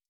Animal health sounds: hydrophone in a shrimp aquaculture tank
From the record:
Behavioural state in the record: stressed

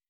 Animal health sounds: hydrophone in a shrimp aquaculture tank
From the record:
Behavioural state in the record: weakened

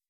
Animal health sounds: hydrophone in a shrimp aquaculture tank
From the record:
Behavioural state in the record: weakened

